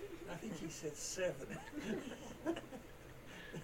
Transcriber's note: laughter